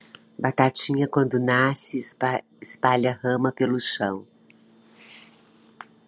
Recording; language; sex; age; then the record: short text; Brazilian Portuguese; female; 60 to 69 years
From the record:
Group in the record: control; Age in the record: 62 years